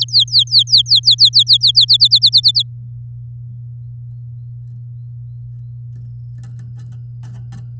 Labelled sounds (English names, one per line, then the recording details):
Domestic Canary song
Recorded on 8 May 2018 at 07:36
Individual llb16